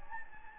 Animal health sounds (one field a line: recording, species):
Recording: mosquito wingbeat signal from an infrared sensor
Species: Anopheles gambiae